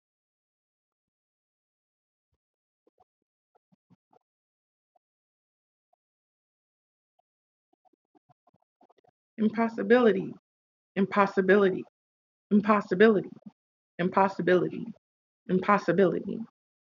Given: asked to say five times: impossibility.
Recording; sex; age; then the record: repeated word; female; 30 to 39 years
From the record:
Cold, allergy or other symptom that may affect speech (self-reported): no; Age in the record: 30 years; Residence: Missouri, United States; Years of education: 16